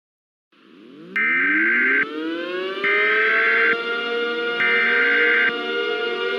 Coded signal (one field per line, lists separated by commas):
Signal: Emergency Alert System (SAME) tones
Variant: header bursts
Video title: EAS Scenario - Hypernado (Rescripted Version)